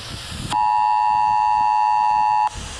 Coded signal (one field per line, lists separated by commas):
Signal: Emergency Alert System (SAME) tones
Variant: 853 and 960 Hz attention tone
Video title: Eas Scenario